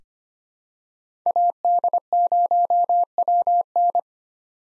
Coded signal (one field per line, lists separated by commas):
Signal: Morse code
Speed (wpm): 25 wpm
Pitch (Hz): 700 Hz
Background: none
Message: AD0WN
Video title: 2023 POTA Hunter Call Signs - 25wpm